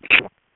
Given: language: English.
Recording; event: throat vibration sensor signal played as sound; swallow